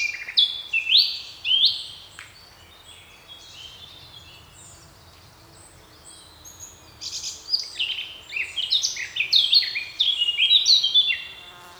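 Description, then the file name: Eurasian blackcap warbling in two bouts, a short varied phrase and then a longer run of quick fluty notes after a lull. "Sylvia atricapilla"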